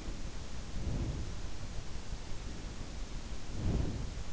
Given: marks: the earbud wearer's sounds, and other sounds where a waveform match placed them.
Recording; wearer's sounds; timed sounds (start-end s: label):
sounds in sleep by an in-ear microphone; breath
0.71-1.35 s: breath
3.49-4.04 s: breath